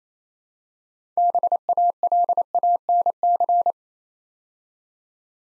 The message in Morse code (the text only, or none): BALANC